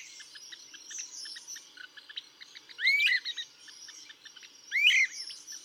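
Great crested flycatcher calling, loud rising wheep notes twice, about two seconds apart, over other birds' chipping.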